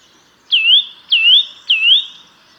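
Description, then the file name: Eurasian nuthatch giving three loud whistled calls in quick succession, each dropping sharply then sliding upward, over a quiet background. "Sitta europaea"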